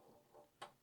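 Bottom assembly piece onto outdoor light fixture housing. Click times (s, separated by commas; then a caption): 0.6 s. A bottom assembly piece, one of two pieces, is fitted onto the bottom of a Lamomo outdoor motion sensor light fixture housing. After faint low rustling, a single sharp click sounds at 0.6 s, and the piece locks into place.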